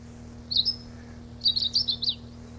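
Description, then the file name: Long-tailed rosefinch: one short high note, then a hurried twittering run of several sliding notes, over low background hum. 26 April 1992. "26 04 92 Uragus"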